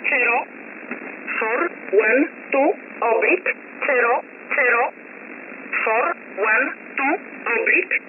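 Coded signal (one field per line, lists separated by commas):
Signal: numbers station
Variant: E11 Oblique, English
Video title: 10 05 2021 Number station E11 Oblique in English to Eu 0450 on 7469 unknown tx site in USB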